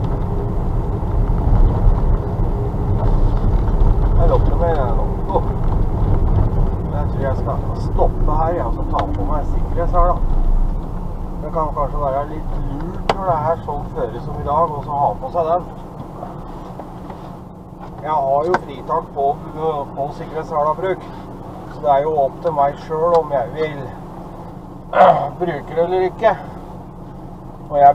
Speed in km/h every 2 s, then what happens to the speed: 46, 47, 47, 43, 34, 21, 10, 0, 0, 0, 0, 0, 0, 0.
0-6 steady at about 46. 6-14 brakes to 0. 14-28 standing.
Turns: none.